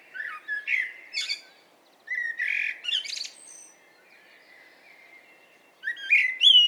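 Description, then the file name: Common blackbird delivering fluty whistled phrases that finish in high chattering squeaks, with a long quiet gap before the final phrase. "Turdus merula"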